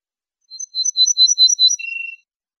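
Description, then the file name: Ortolan bunting song: a regular series of several bright, high notes, closing on a lower, drawn-out note, with no other sound. "suara kicauan ortolan"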